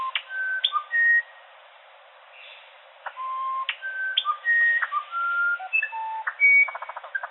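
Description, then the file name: Musician wren song: pure whistled notes at varied pitches, some sliding, then a pause before the song resumes, ending in a quick run of short notes. "Uirapuru-verdadeiro - Cyphorhinus arada"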